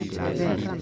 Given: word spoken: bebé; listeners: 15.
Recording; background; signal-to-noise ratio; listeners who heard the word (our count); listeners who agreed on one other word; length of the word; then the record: one Spanish word in noise, from a listening test; eight-talker babble; -1.7 dB; 0 of 15; 9 of 15; 0.42 s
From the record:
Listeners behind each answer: 9, 1, 1, 1, 1, 1, 1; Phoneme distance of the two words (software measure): 7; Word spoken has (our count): 2 syllables, 4 phonemes, stress on syllable 2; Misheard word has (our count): 2 syllables, 5 phonemes, stress on syllable 2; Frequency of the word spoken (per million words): 23.82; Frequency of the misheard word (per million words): 28.08